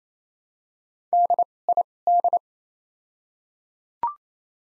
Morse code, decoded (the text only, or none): D I D